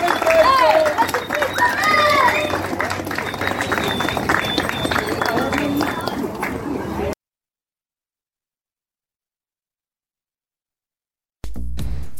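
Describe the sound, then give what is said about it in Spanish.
A crowd claps and cheers for the cooks of a community cooking pot in Sanchetti, just after the pot is blessed, for about seven seconds, dense and loud with voices chattering throughout, then it cuts to silence before a brief burst of noise returns at the end. “Aplauso a los cocineros.”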